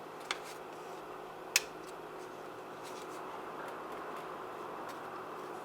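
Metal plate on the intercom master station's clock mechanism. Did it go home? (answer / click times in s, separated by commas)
yes / 1.6 s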